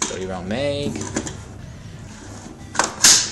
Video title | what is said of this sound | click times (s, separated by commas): Saiga 5.45 IZ-240 vs IZ-340 Comparison & Conversion Info | there you go no problem pops right in | 2.8 s, 3.0 s